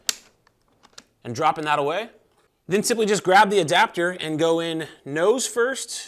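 A small tab on the plastic cover on the left side of a Shoei Gen 3 motorcycle helmet is pinched, and the cover releases with a single sharp click at 0.1 s. A few faint ticks follow before 1 s, then someone talks for the rest of the clip.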